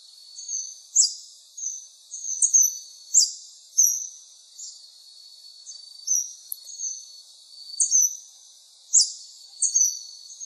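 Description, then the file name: Scaled hermit giving high, squeaky chip notes and quick descending sweeps in an uneven series. Recorded in Misiones, along the sanctuary road. "Ermitano escamado Misiones Camino del santuario"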